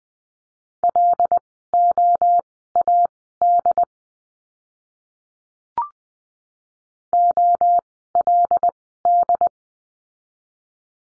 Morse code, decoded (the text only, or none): LOAD OLD